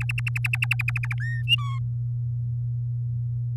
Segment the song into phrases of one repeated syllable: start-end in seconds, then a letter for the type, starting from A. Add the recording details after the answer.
0.00-1.14 A, 1.20-1.42 B, 1.47-1.79 C. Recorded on 8 May 2018 at 05:55. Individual llb16